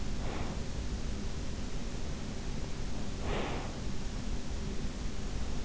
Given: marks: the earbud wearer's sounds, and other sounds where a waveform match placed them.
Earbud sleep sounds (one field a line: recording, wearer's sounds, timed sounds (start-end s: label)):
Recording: sounds in sleep by an in-ear microphone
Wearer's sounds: breath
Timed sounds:
0.00-0.99 s: breath
3.09-4.06 s: breath